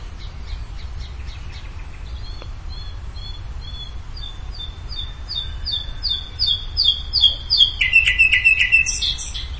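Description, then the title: Bird song: a long series of paired high notes that grows louder, ending in a lower rapid trill and a buzzy flourish. "LuckyPassaro Completos2Sama"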